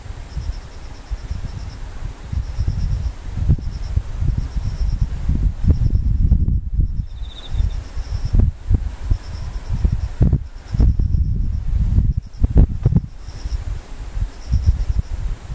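Insects chirp in short, evenly repeated high pulses that run faintly through the whole recording, with a brief lower trill around seven seconds. Heavy low rustling and thumping noise comes and goes in bursts, often covering the calls.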